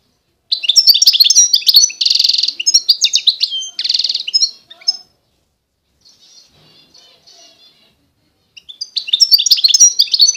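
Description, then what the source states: European goldfinch song with rapid twittering and two buzzy bursts, followed by faint soft notes and a fresh twittering phrase at the end. Wild bird.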